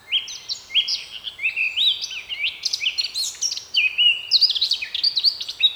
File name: Sylvia atricapilla